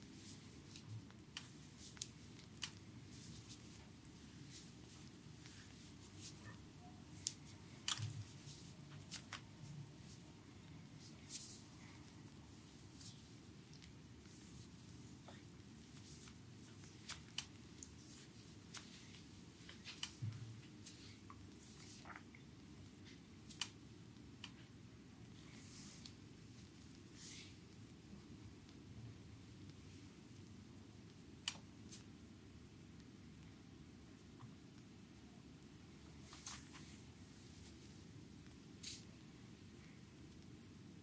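A back and shoulder massage on a chair gives a steady low rubbing and kneading sound that runs the whole time without pause. Brief sharp clicks and slaps pop up irregularly over it, a few every several seconds, with a quiet hiss underneath.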